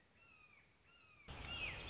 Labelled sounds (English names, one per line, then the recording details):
Red-shouldered Hawk
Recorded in Sonoma County, California